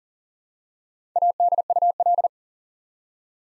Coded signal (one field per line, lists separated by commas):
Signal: Morse code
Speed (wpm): 42 wpm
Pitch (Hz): 700 Hz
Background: none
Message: ADUL